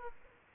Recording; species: mosquito wingbeat signal from an infrared sensor; Aedes aegypti